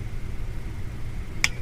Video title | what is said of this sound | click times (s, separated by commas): Constructing Retinomax 3 PC Cable | Just close it until it clicks once. | 1.4 s